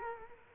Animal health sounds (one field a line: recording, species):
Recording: mosquito wingbeat signal from an infrared sensor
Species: Culex quinquefasciatus